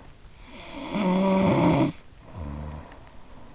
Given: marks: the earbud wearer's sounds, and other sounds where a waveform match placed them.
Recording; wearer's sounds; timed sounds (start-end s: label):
sounds in sleep by an in-ear microphone; snoring breath
0.33-3.24 s: snoring breath